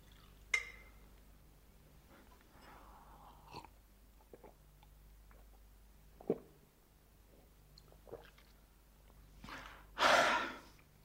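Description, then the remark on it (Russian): Spring water is poured and drunk: quiet, scattered sips and swallows mixed with soft breaths, ending in one louder, breathy gasp after the last gulp. No one speaks. “Послушайте, это что? Вода не из нашей деревни?”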